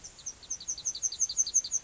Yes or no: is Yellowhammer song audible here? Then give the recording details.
yes. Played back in grassland. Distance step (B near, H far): E. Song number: 002